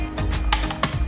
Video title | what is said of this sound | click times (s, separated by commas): 수입차 폭스바겐 파샤드 9인치 안드로이드 올인원 어라운드뷰 4채널 장착 영상과 함께 제 영상 보시고 도움되세요. | 그렇지 ? 제자리 에 딱 맞춰지면 딸깍 소리 가 납니다 . | 0.5 s, 0.8 s